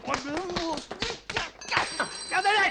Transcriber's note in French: On sonne à la porte. Il réagit au quart de tour